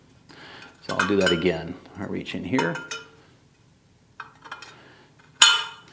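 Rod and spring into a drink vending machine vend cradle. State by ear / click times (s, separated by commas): seated / 5.4 s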